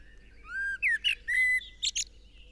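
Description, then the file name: Common blackbird song phrase: smooth, low fluted whistles rising and falling, followed by two brief shrill squeaky notes at the close. "Turdus merula"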